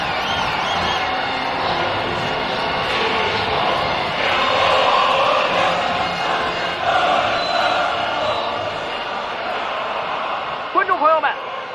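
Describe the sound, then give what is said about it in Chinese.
Nearly 70,000 spectators at Shenyang's Wulihe Stadium sing loudly together after China's football team qualified for the 2002 World Cup, a dense, sustained roar of thousands of voices with a few tonal lines rising through it, holding steady before a single voice briefly cuts in near the end. “场内近7万名观众正放声高歌，歌唱祖国，沈阳五里河体育场沸腾了，沈阳沸腾了，全国沸腾了。”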